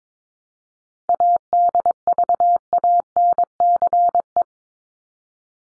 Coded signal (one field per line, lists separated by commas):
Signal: Morse code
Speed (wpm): 22 wpm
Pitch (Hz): 700 Hz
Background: none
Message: ADVANCE